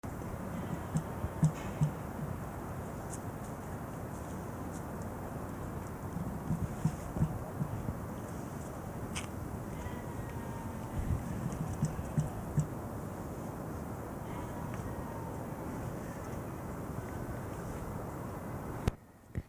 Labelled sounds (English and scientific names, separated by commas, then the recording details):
Emu (Dromaius novaehollandiae) call
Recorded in captivity
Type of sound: call
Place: Zoo Halle, Sachsen-Anhalt, DE
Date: 2004-12-14 15:15
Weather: sonnig, 2°C
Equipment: Sony WM-D6C, Sennheiser ME 80, Kopie Uher 4000 Report Monitor
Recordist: Tembrock, Günter
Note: Lautfolgen (Entfernung 20 m)